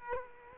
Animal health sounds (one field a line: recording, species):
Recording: mosquito wingbeat signal from an infrared sensor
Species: Culex quinquefasciatus